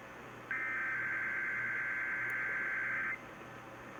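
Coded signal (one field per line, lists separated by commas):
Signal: Emergency Alert System (SAME) tones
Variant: header bursts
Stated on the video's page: Required tests, with valid EAS tones captured off air.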